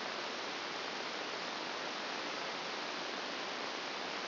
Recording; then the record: brain microelectrode recording played as sound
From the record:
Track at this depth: outside the subthalamic nucleus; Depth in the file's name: 2.773 mm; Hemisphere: left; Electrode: 2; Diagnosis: Parkinson's disease